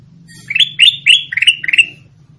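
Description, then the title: Sooty-headed bulbul song: a quick series of six or seven slurred, whistled notes over a low background hum. "Suara Burung Kutilang"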